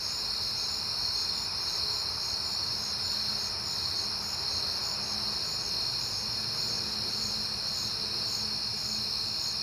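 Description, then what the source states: Crickets trill in a shrill, ceaseless chorus of rapid pulses. Crickets at night in September, recorded on a peaceful night.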